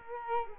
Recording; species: mosquito wingbeat signal from an infrared sensor; Culex quinquefasciatus